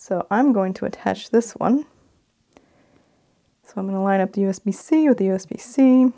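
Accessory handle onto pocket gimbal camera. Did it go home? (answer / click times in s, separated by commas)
no / none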